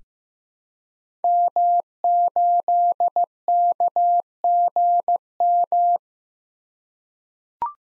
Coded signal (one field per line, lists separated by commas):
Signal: Morse code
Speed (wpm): 15 wpm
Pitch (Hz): 700 Hz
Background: none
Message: M8KGM